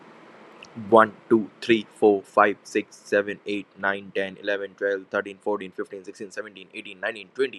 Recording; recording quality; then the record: counting at a fast pace; excellent, no background noise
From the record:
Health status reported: healthy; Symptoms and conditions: none ticked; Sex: male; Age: 25 years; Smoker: yes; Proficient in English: yes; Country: India